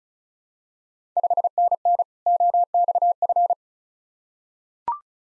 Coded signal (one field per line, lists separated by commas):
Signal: Morse code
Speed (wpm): 36 wpm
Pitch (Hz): 700 Hz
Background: none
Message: 5NN OXF